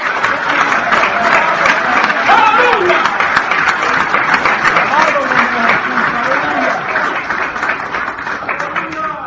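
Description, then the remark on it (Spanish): A Pentecostal church audience applauds steadily for about nine seconds, a dense, loud wash of many hands clapping, with scattered voices calling out and cheering over it throughout. “Voy a aplaudir porque algunos de ustedes ya se murieron ya.”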